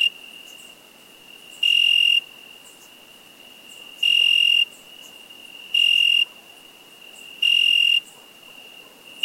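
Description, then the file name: Cricket song of four piercing trilled chirps at uneven intervals of about two seconds, over a constant faint high whine. "Cricket insect"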